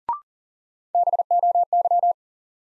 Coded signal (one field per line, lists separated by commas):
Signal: Morse code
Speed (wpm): 38 wpm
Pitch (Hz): 700 Hz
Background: none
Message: BOY